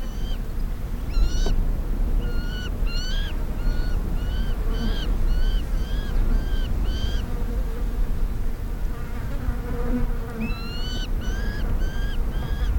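Black falcon calling in several bursts of short, upward-bending whining notes separated by pauses, over continuous low-pitched background noise.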